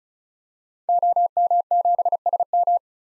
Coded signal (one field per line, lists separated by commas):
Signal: Morse code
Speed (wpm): 36 wpm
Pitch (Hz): 700 Hz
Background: none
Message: OM7SM